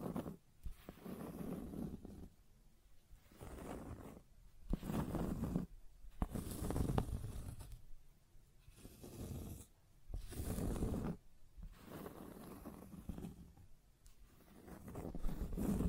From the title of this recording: Scratching and Tracing Sounds